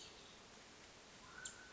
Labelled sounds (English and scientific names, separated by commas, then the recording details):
Mountain Quail (Oreortyx pictus)
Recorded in Sonoma County, California